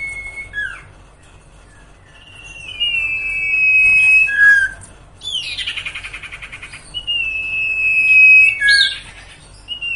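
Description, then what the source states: Sirtu song: long steady whistles with a quick falling slur at the end, broken by a harsh buzzy burst midway. Masteran training song for cage birds, with the full range of song variations.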